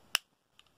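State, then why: Seated. The plastic manual safety lever on a Tokyo Marui Ruger LCP compact non-blowback airsoft gas pistol is pushed up into its engaged position. It makes one sharp, bright click at 0.2 s, followed by two much fainter ticks around 0.6 and 0.7 s. The safety seats firmly with a positive click and stiffens the trigger rather than blocking it.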